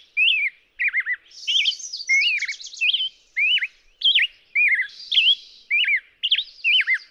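Black-headed grosbeak giving a flowing warble of rising and falling whistled phrases in quick succession, with thinner, higher notes mixed in.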